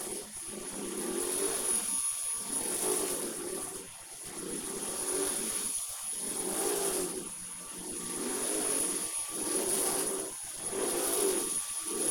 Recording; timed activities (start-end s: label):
household activities, microphone on the right wrist
0.00-12.11 s: vacuum cleaning